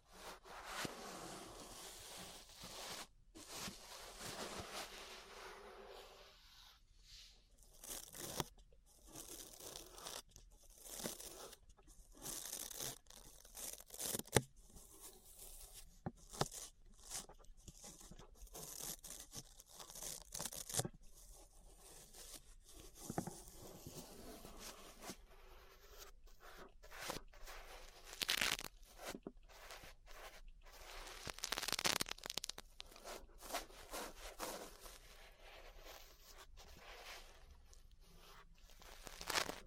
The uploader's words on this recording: ASMR Relaxing 3Dio Ear Brushing (No Talking).